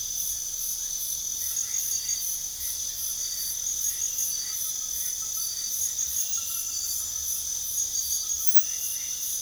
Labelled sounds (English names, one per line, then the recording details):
none
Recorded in pastures near Puerto Asís, Putumayo, Colombia, on 4 March 2025 at 00:00
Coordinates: 0.497, -76.327
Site G072